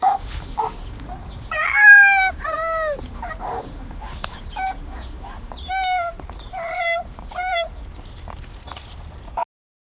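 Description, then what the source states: Poodle and cat at play: short whining and meow-like calls, some rising and wavering, in bursts with brief gaps, plus soft thumps and clicks. Poodle and cat playing together.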